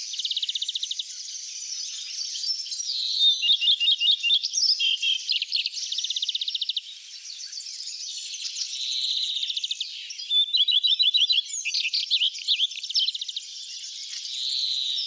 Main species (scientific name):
Phoenicurus phoenicurus